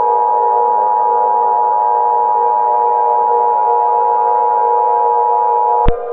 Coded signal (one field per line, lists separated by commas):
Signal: Emergency Alert System (SAME) tones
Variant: 853 and 960 Hz attention tone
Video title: EAS Mini Scenario - Rising Heat